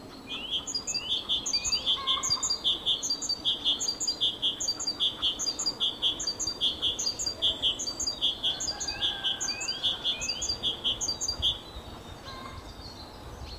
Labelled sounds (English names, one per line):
Great Tit